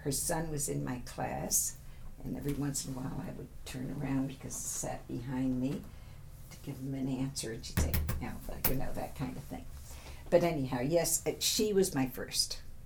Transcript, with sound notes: Her son was in my class and every once in awhile I would turn around because he sat behind me, to give him an answer and she'd say, [taps on table ] "Now," you know, that kind of thing. But anyhow, yes, she was first.